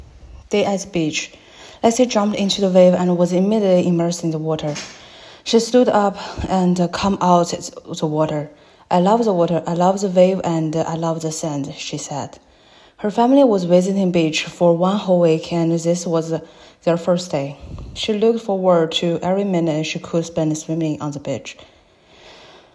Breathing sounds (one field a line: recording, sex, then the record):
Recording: reading aloud after running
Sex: female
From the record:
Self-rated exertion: moderate exertion (3 of 6)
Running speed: 7 miles an hour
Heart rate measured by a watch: 123 beats a minute at the start, 118 at the end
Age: 23 years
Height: 163 cm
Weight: 70 kg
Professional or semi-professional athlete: no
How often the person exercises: 1 to 2 times a week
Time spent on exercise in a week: 1 to 2 hours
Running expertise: no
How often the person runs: 1 to 2 times a week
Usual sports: running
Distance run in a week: 7 km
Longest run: 7 km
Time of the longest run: 50 minutes